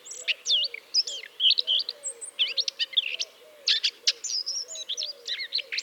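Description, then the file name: Eurasian blackcap song: rapid scratchy warbling broken into short phrases, with low repeated calls from another bird throughout. "Sylvia atricapilla"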